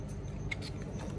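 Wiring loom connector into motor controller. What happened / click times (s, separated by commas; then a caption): The connector is being handled but has not clicked home yet / none. A wiring loom connector is handled at the ERT ASI BAC8000 NXT motor controller of a Sur Ron electric dirt bike, ready to be pushed in until it snaps into place. Low, steady background noise carries faint handling rustle, with a sharp tick near 0.5 s and a softer one near 0.8 s. Nothing has seated or clicked yet.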